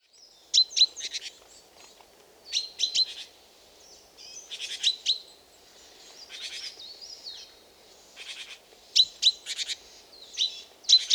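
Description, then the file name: Great tit giving short buzzy, churring bursts mixed with sharp high ticking notes, repeated in loose groups every couple of seconds. "Parus major"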